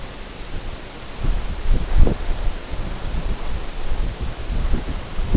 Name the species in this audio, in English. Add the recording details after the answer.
none. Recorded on Arctic tundra, site NAIT-1, on 19 June 2018. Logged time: 21:00